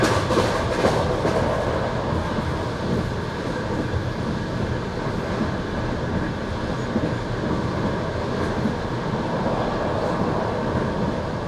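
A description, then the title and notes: An old night train rolls steadily along, a dense, continuous rumble heavy in the low end with a rattling clickety-clack texture running through it. The noise stays even throughout, with a few brief brighter rattles and squeaks near the start. You are going to the Carpathian Mountains by an old night train.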